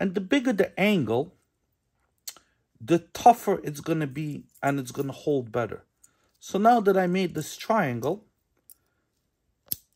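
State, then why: Seated. A metal box clasp tongue, bent into a V shape with pliers, is pushed as the male end into the female box of a silver/gold chain clasp while someone talks. It snaps home with a sharp click at 9.7 s, and the clasp is seated.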